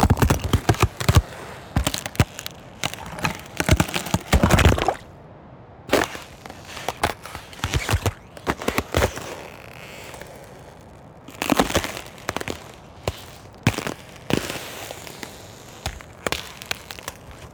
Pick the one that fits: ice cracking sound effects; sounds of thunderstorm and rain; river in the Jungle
ice cracking sound effects